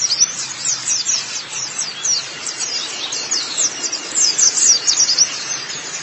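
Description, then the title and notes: White-eye song: quick series of high, thin slurred notes in lively twittering bursts, repeated rapidly with short gaps. "Kicauan Burung Pleci Durasi Panjang. Suara kicauan burung pleci"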